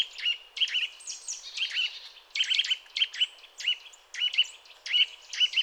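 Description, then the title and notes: Eurasian nuthatch calls: clusters of short, ringing notes with a clear whistled tone, repeated irregularly every half second or so. Sedentary bird heard during mild winter weather, giving contact calls followed by song in this sequence; common in forests, parks and small woods; recorded with various equipment. "Sonothèque naturophonia. La Sittelle torche-pot (Sitta europaea)"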